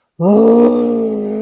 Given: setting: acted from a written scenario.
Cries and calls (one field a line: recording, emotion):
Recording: vocal sound without words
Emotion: distress